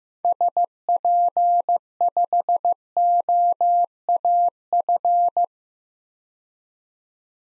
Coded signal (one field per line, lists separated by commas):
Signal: Morse code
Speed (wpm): 15 wpm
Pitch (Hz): 700 Hz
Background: none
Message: SP5OAF